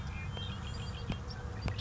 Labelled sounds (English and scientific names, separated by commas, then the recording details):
Red-winged Blackbird (Agelaius phoeniceus)
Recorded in Sonoma County, California